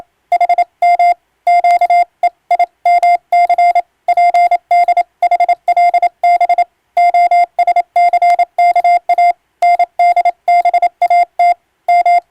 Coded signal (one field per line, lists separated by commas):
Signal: Morse code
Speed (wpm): 27 wpm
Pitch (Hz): 700 Hz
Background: none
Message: HM QEIMC PDHLB OSCKA NDBAT M